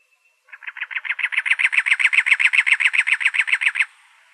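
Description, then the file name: Cactus wren giving one steady, rasping chatter, a string of many harsh, evenly paced notes lasting about three seconds, then stopping. Recorded in Arizona on 2 October 2003. "CACW 3 deviche"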